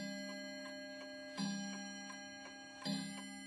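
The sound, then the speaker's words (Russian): A clock strikes twice, each stroke about a second and a half apart, its bright metallic tones ringing on and slowly fading, with soft ticking audible in between. “Когда бьют часы, Андрей Ефимович откидывается на спинку кресла и закрывает глаза, чтобы немножко подумать.”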